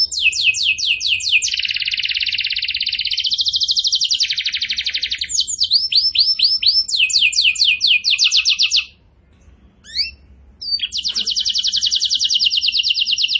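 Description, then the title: Songbird song mixing fast rising whistled sweeps and long even trills in shifting runs, with a low hum underneath throughout. Training (master) recording for caged songbirds, featuring the lively "tembakan gacor" singing style. "Masteran Burung Tembakan Gacor"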